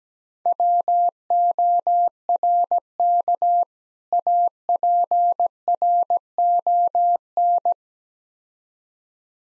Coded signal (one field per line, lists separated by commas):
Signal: Morse code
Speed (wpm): 18 wpm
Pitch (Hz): 700 Hz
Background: none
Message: WORK APRON